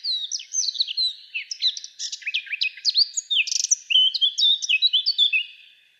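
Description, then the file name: Eurasian blackcap singing a rich, rapid warble of mixed fluty whistles and quick chattering notes, flowing continuously for about six seconds before fading. "Sylvia atricapilla"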